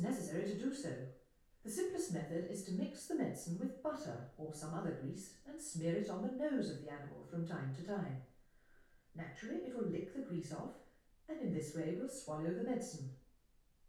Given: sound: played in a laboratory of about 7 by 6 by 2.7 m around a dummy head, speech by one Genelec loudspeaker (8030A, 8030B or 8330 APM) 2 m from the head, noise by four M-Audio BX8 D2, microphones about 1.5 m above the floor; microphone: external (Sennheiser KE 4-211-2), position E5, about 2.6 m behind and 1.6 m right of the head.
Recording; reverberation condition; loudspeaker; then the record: female speech in English; medium; 120 degrees to the left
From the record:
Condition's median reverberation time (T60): about 510 ms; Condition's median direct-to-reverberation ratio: about -0.5 dB